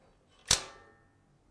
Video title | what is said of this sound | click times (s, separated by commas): Kitchen Inspirations with Carmelo: Grills, Griddles, and Skillets, OH MY! | do you hear that that was a nice click sound once that happens you know it's inserted properly you | 0.5 s